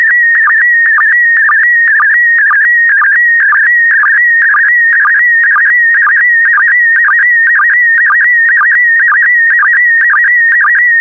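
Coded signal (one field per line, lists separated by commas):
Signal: SSTV (slow-scan television)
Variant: PD120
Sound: warbling whistle around 2 kHz with rapid regular low blips, steady scan rhythm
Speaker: complete. You can now check your decoded image against the picture that is shown on the video.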